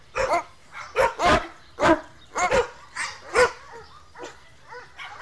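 Dog barking in harsh bursts, several in quick succession, then softer calls toward the end.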